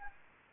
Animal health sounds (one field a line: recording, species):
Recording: mosquito wingbeat signal from an infrared sensor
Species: Anopheles arabiensis